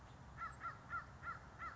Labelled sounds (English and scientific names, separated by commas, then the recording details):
American Crow (Corvus brachyrhynchos)
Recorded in Sonoma County, California